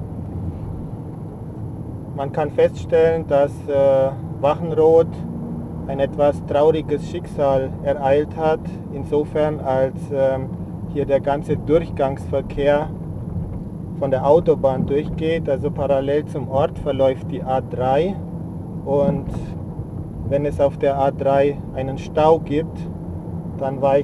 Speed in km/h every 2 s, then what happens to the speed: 31, 32, 36, 39, 39, 39, 38, 38, 38, 38, 38, 40.
0-6 speeds up to 39. 6-24 steady at about 38.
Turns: none.